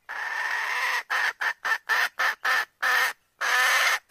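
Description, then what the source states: Red junglefowl call: a long harsh squawk followed by a rapid series of short raspy bursts, then two longer squawks near the end. Hen calling the rooster.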